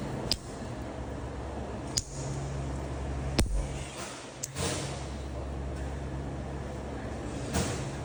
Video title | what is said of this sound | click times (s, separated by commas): Slon Workshop Vanos Gear Cap installation in S65 E9X M3 | and we're going to start snapping you're going to hear six audible Clips however we | 0.3 s, 2.0 s, 3.4 s, 4.4 s